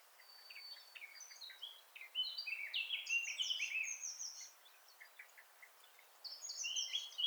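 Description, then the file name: Eurasian blackcap song: soft scratchy notes build into a loud warbling phrase of whistles, then a pause and another burst begins. "Sylvia atricapilla"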